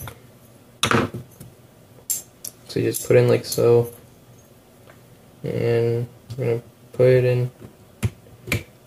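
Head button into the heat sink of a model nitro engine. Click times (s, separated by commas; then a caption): 8.5 s. The metal head button of a small Tamiya .18 RC nitro engine is pressed into a new GPM/Megatech aluminium heat sink head while someone talks. Several short knocks and taps sound between the speech, and a sharp snap-like hit at 8.5 s marks the head button clicking into place, seated in the heat sink.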